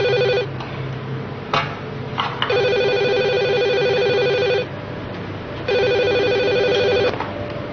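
telephone ringing

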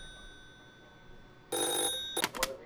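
telephone ringing

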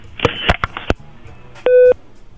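telephone busy tone

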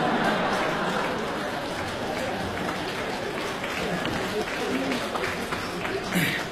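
audience applause

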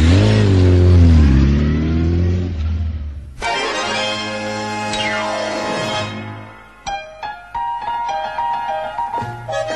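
motorcycle engine revving

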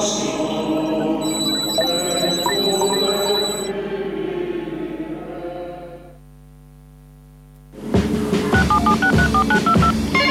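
telephone dialing tones

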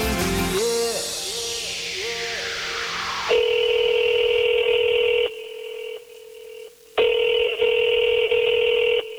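telephone dialing tones

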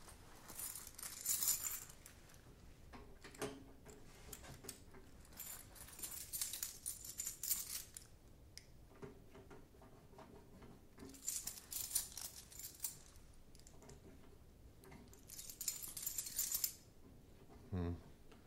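keys jangling

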